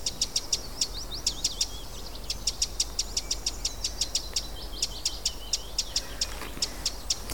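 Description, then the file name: Eurasian wren calling with sharp, dry ticking notes repeated rapidly in loose series, a faint thin twittering briefly behind them, over constant low rumble. "Troglodytes troglodytes"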